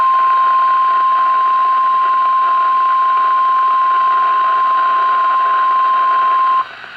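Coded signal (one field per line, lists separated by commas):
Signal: Emergency Alert System (SAME) tones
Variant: 1050 Hz attention tone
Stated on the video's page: Received on Midland WR-400 and Midland WR-120EZ weather radios.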